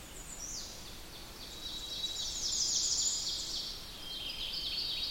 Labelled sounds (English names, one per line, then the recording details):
Ovenbird song
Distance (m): 55 m
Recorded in boreal forest in Alberta, Canada, on 20 June 2016 at 05:48
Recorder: SongMeter 3, array SBT-6-81
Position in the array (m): 67 m, 23 m
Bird 47